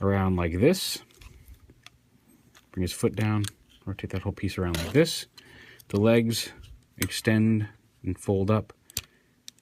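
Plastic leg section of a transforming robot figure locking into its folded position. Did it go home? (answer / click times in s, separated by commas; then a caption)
yes / 9.0 s, 9.5 s. Someone talks while transforming a plastic FansProject LER-03 Volar robot figure (Convention Exclusive Diaclone Edition), rotating a piece around as the legs extend and fold up. Sharp, short plastic clicks at 9.0 s and 9.5 s mark the leg section locking into its folded position.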